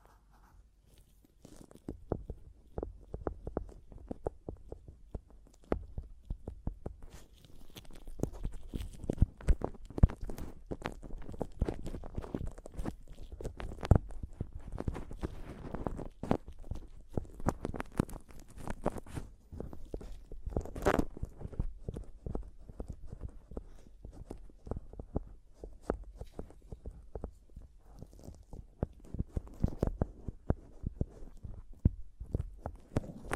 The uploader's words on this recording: ASMR Mic Tapping and Scratching (No Talking).